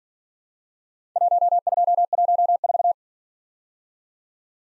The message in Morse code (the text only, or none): 1214